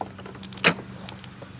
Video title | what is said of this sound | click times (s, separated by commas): How to Assemble Ryobi 40V Lawn Mower | going to click into place | 0.0 s